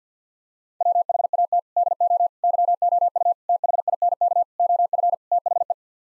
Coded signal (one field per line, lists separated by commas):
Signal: Morse code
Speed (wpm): 50 wpm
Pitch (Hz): 700 Hz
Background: none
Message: WHAT DO YOU THINK OF THE